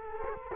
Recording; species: mosquito wingbeat signal from an infrared sensor; Culex quinquefasciatus